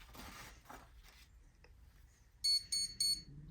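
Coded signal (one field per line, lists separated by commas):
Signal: beep code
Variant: Defiant ESC programming beeps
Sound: rustling handling noise, then three short, bright electronic beeps in quick succession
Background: handling noise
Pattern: 3 short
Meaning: Brake option three, set to moderate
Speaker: that first beep was to set the brake off the second beep was to set the brake to Gentle Etc as we can see here so we're gonna wait for three beeps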